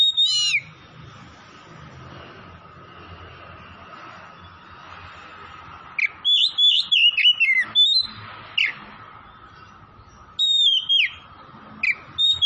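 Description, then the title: Oriental magpie-robin song: clear whistled notes, then rapid varied whistled phrases in bursts after a quiet stretch, over a steady faint hum. Tretes; singing vigorously (gacor). "Kacer Tretes"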